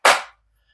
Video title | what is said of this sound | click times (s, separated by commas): TernX Carry On: Von Handgepäck zu Buggy in Sekunden! ⏱✈️ | And also, please ensure that the bottom of the seat is clicked into place | 0.1 s